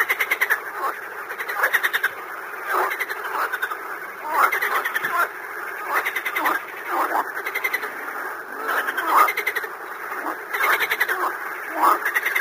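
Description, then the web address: Frogs croaking in a dense chorus, rapid pulsed rattling croaks overlapping continuously, with louder bursts every second or so and no other sounds. "Звуковое лото дикие лягушка"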